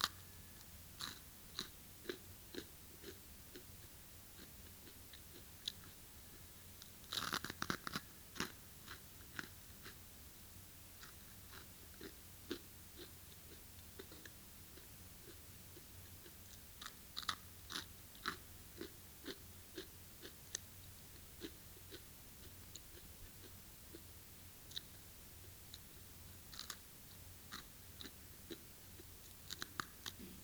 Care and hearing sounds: daily activity, guitar pickup as the sensor; eat

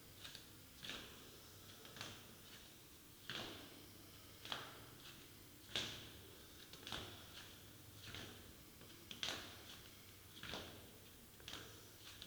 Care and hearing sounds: daily activity, guitar pickup as the sensor; go downstairs

